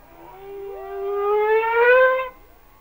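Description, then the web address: Humpback whale song unit: a single long, smoothly rising wail with many harmonics, swelling louder before cutting off. "Natures Songs Whale Songs Sounds of Nature - Humpback Whales"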